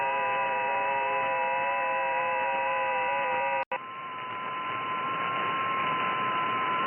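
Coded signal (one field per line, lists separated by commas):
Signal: FT8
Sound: several overlapping steady warbling tones over hiss, brief dropout, then fewer tones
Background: radio static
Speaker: by simply watching for a few seconds you can tell which bands have ft8 activity and are therefore likely to be open I'm hearing activity in the 30 20 and 17m bands with something very weak on the 15m band with most of the activity on 20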